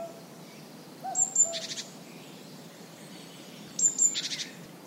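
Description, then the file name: Great tit calls: twice, a thin high note runs into a dry buzzy rattle, about two and a half seconds apart, with soft low paired hoots repeating underneath. "Parus major"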